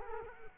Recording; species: mosquito wingbeat signal from an infrared sensor; Culex quinquefasciatus